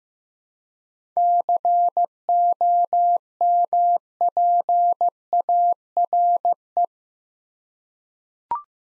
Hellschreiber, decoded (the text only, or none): none